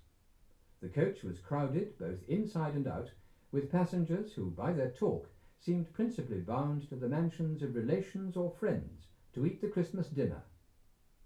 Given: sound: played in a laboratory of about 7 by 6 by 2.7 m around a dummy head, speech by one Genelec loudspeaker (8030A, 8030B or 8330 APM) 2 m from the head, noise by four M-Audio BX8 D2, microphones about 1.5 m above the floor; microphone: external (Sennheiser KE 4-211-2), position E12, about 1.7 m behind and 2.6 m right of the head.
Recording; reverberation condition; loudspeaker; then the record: male speech in English; low; 120 degrees to the right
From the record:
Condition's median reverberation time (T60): about 310 ms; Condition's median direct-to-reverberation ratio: about 3.5 dB